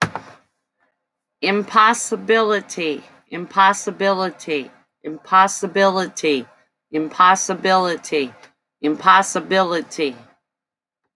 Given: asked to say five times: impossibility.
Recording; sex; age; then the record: repeated word; female; 50 to 59 years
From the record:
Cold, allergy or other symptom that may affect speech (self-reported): no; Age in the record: 58 years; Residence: Alabama, United States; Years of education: 14